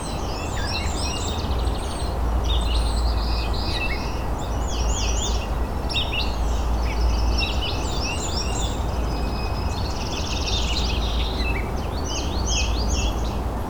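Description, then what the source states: Gray Catbird song: a steady, jumbled stream of varied squeaky and scratchy high phrases running throughout, over a heavy low background rumble. Close to the recordist.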